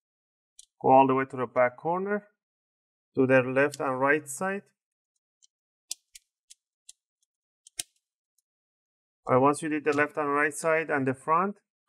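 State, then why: Released. On an Asus Vivobook Flip 14 TP410U, a pry tool is worked along the left and right sides toward the back corners of the plastic bottom cover, and the clips holding it to the top case release. Someone talks before and after a quiet stretch with sharp clicks at 5.9, 6.2, 6.5, 6.9, 7.7 and 7.8 seconds. The bottom cover clips are released.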